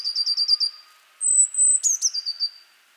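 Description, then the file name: Eurasian blue tit singing: the end of one rapid trill, then a high sustained whistle leading into another quick, rattling trill. "Cyanistes caeruleus"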